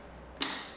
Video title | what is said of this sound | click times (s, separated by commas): How to Replace a Hotpoint Washing Machine Dispenser Drawer Spring | Gently press down and click it into place. | 0.4 s